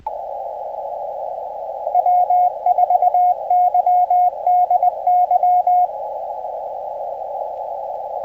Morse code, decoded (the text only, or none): W4YDY